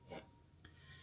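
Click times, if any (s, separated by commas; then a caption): 0.6 s. A metal C clip is pressed back onto the spring guide assembly of an Arcturus PP19 airsoft gearbox. A broad scraping rasp near 0.1–0.2 s is followed by a sharp click at 0.6 s as the clip snaps into place, and it is seated.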